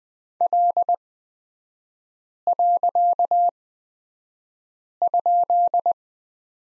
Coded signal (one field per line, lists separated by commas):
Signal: Morse code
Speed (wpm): 20 wpm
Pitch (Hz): 700 Hz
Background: none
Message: L.?